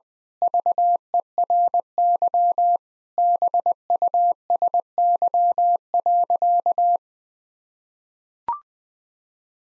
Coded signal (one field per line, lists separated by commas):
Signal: Morse code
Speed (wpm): 20 wpm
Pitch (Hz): 700 Hz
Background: none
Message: VERY BUSY.